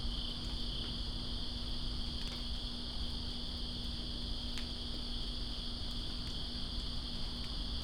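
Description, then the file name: High, even cricket chorus trills on without break against a background of falling rain and a low steady hum. Crickets recorded in rain, Greensboro, 2 September 2017. "Greensboro Crickets And Rain-2017-09-02"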